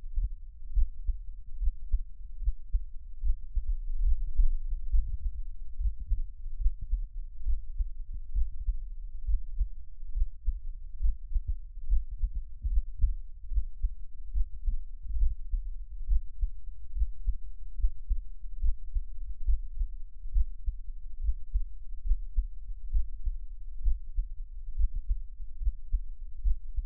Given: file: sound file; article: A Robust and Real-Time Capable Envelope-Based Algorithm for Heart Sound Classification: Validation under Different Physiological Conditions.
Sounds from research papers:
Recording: heart sounds by electronic stethoscope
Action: rest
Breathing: normal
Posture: lying on left side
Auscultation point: Erb’s point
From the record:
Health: healthy, no known heart disease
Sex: male

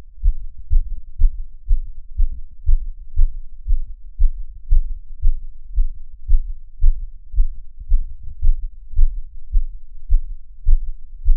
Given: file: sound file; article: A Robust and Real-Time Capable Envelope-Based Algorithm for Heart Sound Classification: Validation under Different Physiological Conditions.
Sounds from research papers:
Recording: heart sounds by electronic stethoscope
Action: after 5 min of sport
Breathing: deep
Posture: sitting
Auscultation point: Erb’s point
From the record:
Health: healthy, no known heart disease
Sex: male

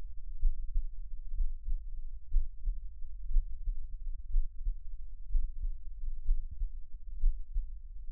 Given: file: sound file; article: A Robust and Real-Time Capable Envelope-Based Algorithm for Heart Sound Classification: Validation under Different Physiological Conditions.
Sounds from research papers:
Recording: heart sounds by electronic stethoscope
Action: rest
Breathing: normal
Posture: sitting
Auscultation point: sternum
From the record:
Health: healthy, no known heart disease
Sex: male

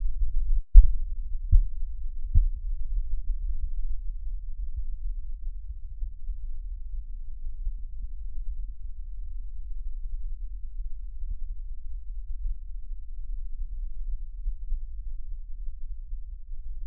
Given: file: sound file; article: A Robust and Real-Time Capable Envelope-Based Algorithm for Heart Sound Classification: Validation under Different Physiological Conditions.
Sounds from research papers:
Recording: heart sounds by electronic stethoscope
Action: rest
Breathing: normal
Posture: sitting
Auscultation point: left side of the back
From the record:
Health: healthy, no known heart disease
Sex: male

